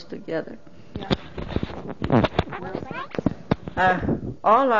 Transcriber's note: disturbance to the microphone